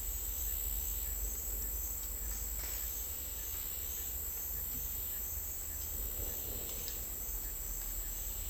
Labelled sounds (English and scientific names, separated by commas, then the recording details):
none
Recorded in dense forest near Puerto Asís, Putumayo, Colombia, on 20 December 2024 at 09:30
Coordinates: 0.485, -76.318
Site GP03